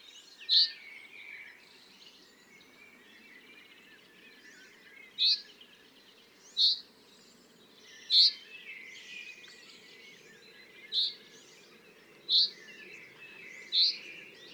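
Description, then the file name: Common chaffinch calls: short, sharp, high single notes given singly at irregular intervals of one to five seconds, seven in all, over a faint steady background hiss. "Fringilla coelebs"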